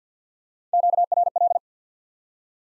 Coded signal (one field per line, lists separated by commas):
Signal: Morse code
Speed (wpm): 50 wpm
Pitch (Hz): 700 Hz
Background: none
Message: QRL